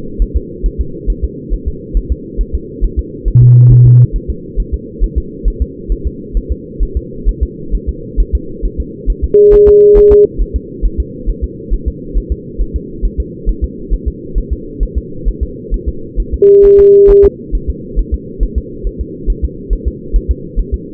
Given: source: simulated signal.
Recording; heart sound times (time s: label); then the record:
fetal heart sounds
0.22 s: S1
0.37 s: S2
0.66 s: S1
0.81 s: S2
1.10 s: S1
1.25 s: S2
1.54 s: S1
1.68 s: S2
1.97 s: S1
2.12 s: S2
2.41 s: S1
2.55 s: S2
2.84 s: S1
2.99 s: S2
3.28 s: S1
3.43 s: S2
3.72 s: S1
3.87 s: S2
4.16 s: S1
4.30 s: S2
4.60 s: S1
4.74 s: S2
5.04 s: S1
5.18 s: S2
5.48 s: S1
5.62 s: S2
5.92 s: S1
6.07 s: S2
6.37 s: S1
6.52 s: S2
6.83 s: S1
6.97 s: S2
7.29 s: S1
7.43 s: S2
7.75 s: S1
7.89 s: S2
8.20 s: S1
8.35 s: S2
8.65 s: S1
8.80 s: S2
9.10 s: S1
9.24 s: S2
9.54 s: S1
9.68 s: S2
9.98 s: S1
10.12 s: S2
10.41 s: S1
10.56 s: S2
10.85 s: S1
11.00 s: S2
11.30 s: S1
11.44 s: S2
11.74 s: S1
11.88 s: S2
12.18 s: S1
12.32 s: S2
12.61 s: S1
12.76 s: S2
13.05 s: S1
13.20 s: S2
13.49 s: S1
13.64 s: S2
13.94 s: S1
14.08 s: S2
14.38 s: S1
14.53 s: S2
14.83 s: S1
14.98 s: S2
15.28 s: S1
15.43 s: S2
15.74 s: S1
15.89 s: S2
16.20 s: S1
16.34 s: S2
16.65 s: S1
16.80 s: S2
17.10 s: S1
17.25 s: S2
17.55 s: S1
17.70 s: S2
17.99 s: S1
18.14 s: S2
18.43 s: S1
18.58 s: S2
18.87 s: S1
19.01 s: S2
19.30 s: S1
19.45 s: S2
19.73 s: S1
19.88 s: S2
20.16 s: S1
20.31 s: S2
20.60 s: S1
20.74 s: S2
From the record:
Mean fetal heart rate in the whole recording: 135 bpm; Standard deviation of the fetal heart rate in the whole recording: 3 bpm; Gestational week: 36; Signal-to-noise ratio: -4.3 dB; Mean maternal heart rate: 72 bpm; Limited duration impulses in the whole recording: present